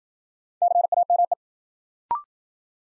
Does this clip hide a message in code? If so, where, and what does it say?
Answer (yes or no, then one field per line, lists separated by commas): yes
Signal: Morse code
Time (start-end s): 0.6-1.3 s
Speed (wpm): 53 wpm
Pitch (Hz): 700 Hz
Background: none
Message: CAME